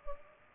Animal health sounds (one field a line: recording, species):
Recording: mosquito wingbeat signal from an infrared sensor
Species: Culex pipiens